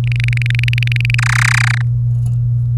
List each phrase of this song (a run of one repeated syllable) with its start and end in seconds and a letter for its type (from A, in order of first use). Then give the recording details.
0.04-1.15 A, 1.18-1.82 B. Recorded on 24 April 2018 at 07:27. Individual llb3